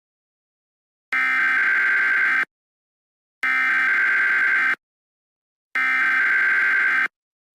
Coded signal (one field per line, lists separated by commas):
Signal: Emergency Alert System (SAME) tones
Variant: header bursts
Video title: (PREMIERE) EAS Scenario #7 - A Texas Tornado Outbreak 2034